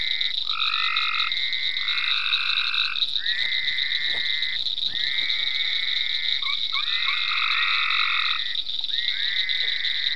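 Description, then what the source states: Frog chorus of long buzzy trills overlapping one another, starting and stopping in bursts of a second or two, over a constant high-pitched drone. Frogs in ponds at Venaura farm, recorded 27 May 2010.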